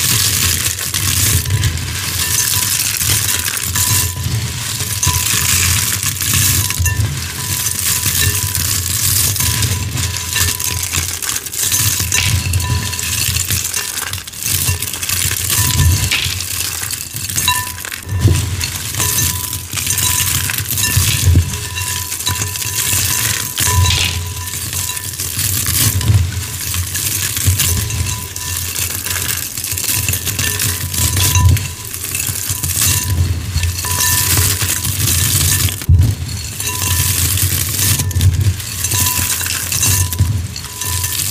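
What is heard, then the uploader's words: Soap curls are crushed in a glass bowl, making a dense, crisp crackling that runs without pause for the whole clip. Soft low thuds of pressing mix in, with occasional light clinks against the glass. Crushing Soap Curls in a Glass Bowl.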